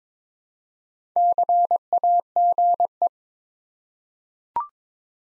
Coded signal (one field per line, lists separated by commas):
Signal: Morse code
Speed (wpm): 22 wpm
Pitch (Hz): 700 Hz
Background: none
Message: CAGE